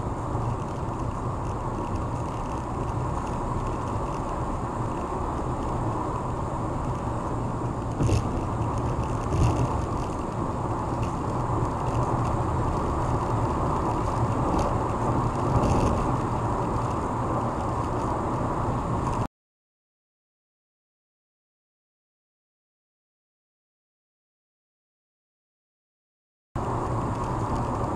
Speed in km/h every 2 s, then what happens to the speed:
118, 118, 118, 118, 118, 118, 119, 119, 119, 119, 119, 119, 116, 116.
0-28 steady at about 118.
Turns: none.